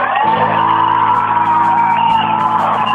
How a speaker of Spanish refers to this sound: Bueno, no os puedo escuchar porque hay muchísimo ruido, pero aquí termina el comunicado y de nuevo los gritos.